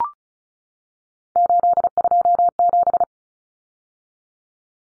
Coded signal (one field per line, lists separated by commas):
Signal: Morse code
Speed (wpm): 34 wpm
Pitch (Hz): 700 Hz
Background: none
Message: 827